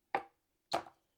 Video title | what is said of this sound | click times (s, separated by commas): The BEST Office Chair? FLEXISPOT ErgoX Premium Ergonomic Office Chair with Footrest | It kind of just clicks into place. | 0.2 s